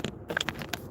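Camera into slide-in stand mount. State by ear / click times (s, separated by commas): seated / 0.7 s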